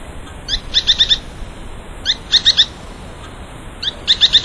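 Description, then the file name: Spix's spinetail calling: a rising note followed by three or four quick sharp high notes, the phrase repeated about every two seconds over a steady hiss. Recorded 19 August 2012 at Pinalito. "Synallaxis-spixi 2012-08-19 PP-Pinalito Jorge-La-Grotteria"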